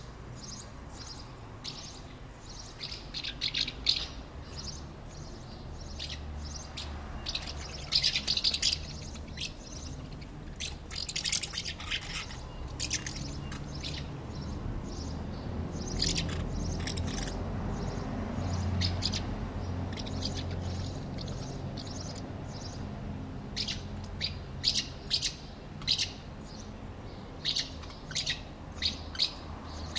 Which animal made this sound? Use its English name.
Common House Martin